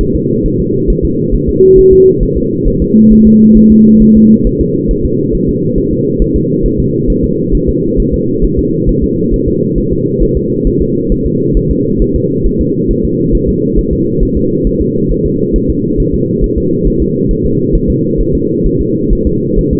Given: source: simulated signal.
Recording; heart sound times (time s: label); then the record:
fetal heart sounds
0.01 s: S1
0.15 s: S2
0.46 s: S1
0.60 s: S2
0.90 s: S1
1.05 s: S2
1.34 s: S1
1.49 s: S2
1.79 s: S1
1.93 s: S2
2.23 s: S1
2.38 s: S2
2.68 s: S1
2.82 s: S2
3.12 s: S1
3.27 s: S2
3.57 s: S1
3.72 s: S2
4.02 s: S1
4.17 s: S2
4.47 s: S1
4.61 s: S2
4.91 s: S1
5.06 s: S2
5.35 s: S1
5.49 s: S2
5.78 s: S1
5.93 s: S2
6.22 s: S1
6.36 s: S2
6.66 s: S1
6.80 s: S2
7.10 s: S1
7.24 s: S2
7.55 s: S1
7.69 s: S2
8.00 s: S1
8.14 s: S2
8.45 s: S1
8.59 s: S2
8.89 s: S1
9.04 s: S2
9.34 s: S1
9.48 s: S2
9.78 s: S1
9.93 s: S2
10.23 s: S1
10.37 s: S2
10.67 s: S1
10.82 s: S2
11.12 s: S1
11.27 s: S2
11.57 s: S1
11.71 s: S2
12.02 s: S1
12.16 s: S2
12.46 s: S1
12.61 s: S2
12.91 s: S1
13.05 s: S2
13.35 s: S1
13.49 s: S2
13.79 s: S1
13.93 s: S2
14.23 s: S1
14.37 s: S2
14.67 s: S1
14.81 s: S2
15.12 s: S1
15.26 s: S2
15.56 s: S1
15.70 s: S2
16.00 s: S1
16.15 s: S2
16.44 s: S1
16.58 s: S2
16.87 s: S1
17.02 s: S2
17.31 s: S1
17.46 s: S2
17.75 s: S1
17.90 s: S2
18.21 s: S1
18.35 s: S2
18.67 s: S1
18.81 s: S2
19.13 s: S1
19.27 s: S2
19.59 s: S1
19.73 s: S2
From the record:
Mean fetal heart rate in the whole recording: 135 bpm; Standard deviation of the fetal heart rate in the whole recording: 3 bpm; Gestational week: 36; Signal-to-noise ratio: -11.2 dB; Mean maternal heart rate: 72 bpm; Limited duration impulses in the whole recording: present